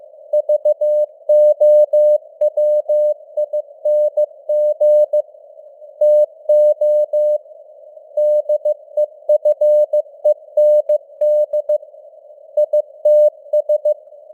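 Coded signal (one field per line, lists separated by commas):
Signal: Morse code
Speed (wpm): 15 wpm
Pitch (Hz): 600 Hz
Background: none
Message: VOWING TO DEFEND ITS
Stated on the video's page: Computer-generated news headlines in Morse at 15 wpm, with simulated radio noise and varying signal strength (QSB).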